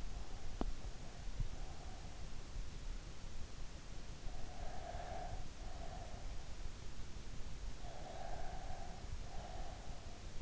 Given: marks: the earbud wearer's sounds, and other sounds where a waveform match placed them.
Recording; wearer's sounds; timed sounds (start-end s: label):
sounds in sleep by an in-ear microphone; breath, teeth grinding
0.00-2.40 s: breath
0.33-1.03 s: teeth grinding
4.15-6.53 s: breath
7.73-10.42 s: breath